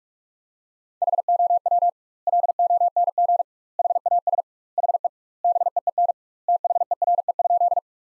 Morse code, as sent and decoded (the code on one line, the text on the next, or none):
.... --- .-- / .-.. --- -. --. / .... .- ... / .... . / -... . . -. / - .... . .-. . ..--..
HOW LONG HAS HE BEEN THERE?